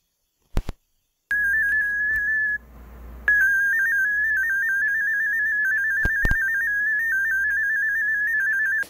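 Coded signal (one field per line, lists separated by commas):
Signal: multi-tone FSK (Olivia or MFSK type)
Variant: DominoEX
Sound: a steady warbling tone hopping quickly between nearby pitches, like a wandering melody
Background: clicks, faint low hum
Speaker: like here's an audio clip of what you're hearing when this is happening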